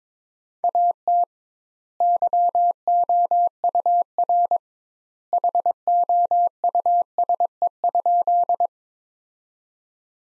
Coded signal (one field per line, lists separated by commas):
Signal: Morse code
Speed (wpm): 22 wpm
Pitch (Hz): 700 Hz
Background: none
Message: AT YOUR HOUSE?